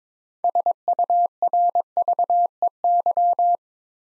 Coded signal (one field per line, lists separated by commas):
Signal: Morse code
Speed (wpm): 22 wpm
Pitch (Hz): 700 Hz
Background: none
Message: SURVEY